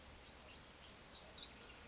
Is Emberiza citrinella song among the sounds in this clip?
no